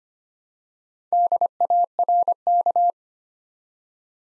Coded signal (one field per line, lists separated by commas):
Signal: Morse code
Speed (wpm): 25 wpm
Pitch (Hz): 700 Hz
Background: none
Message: DARK